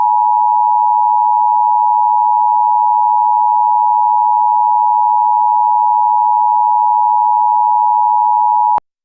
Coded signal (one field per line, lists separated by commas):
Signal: Emergency Alert System (SAME) tones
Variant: 853 and 960 Hz attention tone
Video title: EAS Scenario: The SCP rampage (Part 1/2)